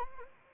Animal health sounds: mosquito wingbeat signal from an infrared sensor; Anopheles arabiensis

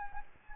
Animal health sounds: mosquito wingbeat signal from an infrared sensor; Anopheles gambiae

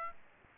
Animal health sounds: mosquito wingbeat signal from an infrared sensor; Aedes aegypti

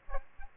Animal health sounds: mosquito wingbeat signal from an infrared sensor; Aedes aegypti

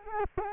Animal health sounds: mosquito wingbeat signal from an infrared sensor; Culex quinquefasciatus

